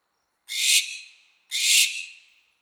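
American barn owl giving two harsh, hissing screeches, each fading out, starting about a second apart.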